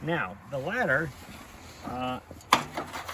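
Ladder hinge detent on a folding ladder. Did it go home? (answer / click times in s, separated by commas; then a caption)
no / none. Someone talks while handling the folding ladder of a ride-on unicorn, with a few sharp knocks and short rattles near the end of the clip. The ladder's hinge detent has not yet clicked into its stop; nothing has seated or clicked yet.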